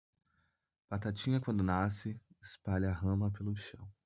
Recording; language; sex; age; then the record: short text; Brazilian Portuguese; male; 20 to 29 years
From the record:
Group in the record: control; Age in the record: 25 years